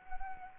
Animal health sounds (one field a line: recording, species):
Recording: mosquito wingbeat signal from an infrared sensor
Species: Anopheles arabiensis